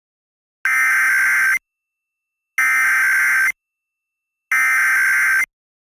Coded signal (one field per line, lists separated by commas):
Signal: Emergency Alert System (SAME) tones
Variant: header bursts